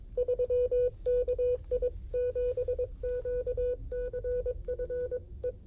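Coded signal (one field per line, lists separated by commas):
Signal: Morse code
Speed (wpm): 22 wpm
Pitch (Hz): 500 Hz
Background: none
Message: 3 KI7QCF E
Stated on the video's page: Portable activation using a QRP Labs QMX rig with a kit key, Just Ok Mini antenna and 9V batteries, heard through a speaker.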